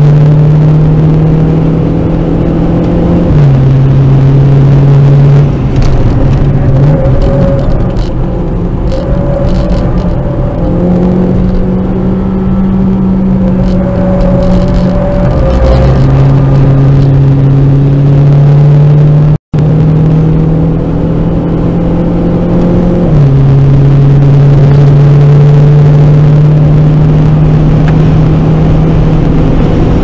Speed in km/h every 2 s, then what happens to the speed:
120, 131, 140, 93, 91, 101, 103, 98, 101, 111, 125, 130, 143, 152, 159.
0-4 speeds up to 140. 4-9 brakes to 91. 9-11 speeds up to 103. 14-30 speeds up to 159.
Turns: 5-16.